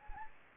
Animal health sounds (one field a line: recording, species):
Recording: mosquito wingbeat signal from an infrared sensor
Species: Anopheles gambiae